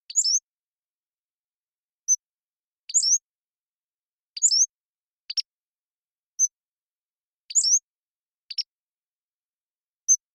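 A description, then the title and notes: A Pacific-slope flycatcher repeats its high, thin song in a steady cycle: a rising, slurred three-part phrase about every one and a half seconds, alternating with single sharp high notes and brief lower chips. Between calls the background is completely silent. Pacific-Slope Flycatcher, Empidonax difficilis A long song sequence captured with a parabolic, processed clean for sound effects' use while maintaining natural rhythm and pace.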